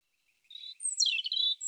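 European robin song fragment: a thin high whistle followed by a tumbling run of sweet, warbled notes that slide up and down.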